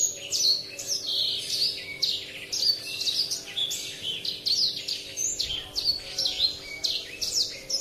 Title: Kicau Kacer